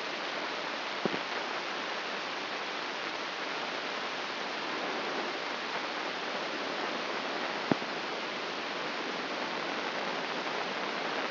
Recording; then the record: brain microelectrode recording played as sound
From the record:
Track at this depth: inside the subthalamic nucleus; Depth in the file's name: 5.816 mm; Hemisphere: left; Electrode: 2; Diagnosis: Parkinson's disease